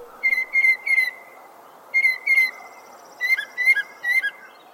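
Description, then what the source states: Mockingbird song: three bursts of clear, high whistled notes separated by brief pauses. Song includes mimicry of other species; scientists think females might find the mimicry attractive.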